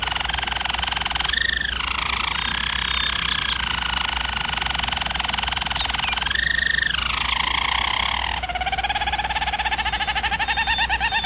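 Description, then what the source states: German Roller canary rolling song: sustained trilled tones with two brief flourishes, ending in a lower pulsed roll, over a constant low hum. Singing used for canary training.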